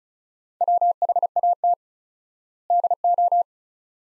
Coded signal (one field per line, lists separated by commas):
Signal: Morse code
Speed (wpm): 36 wpm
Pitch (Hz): 700 Hz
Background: none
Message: WHAT DO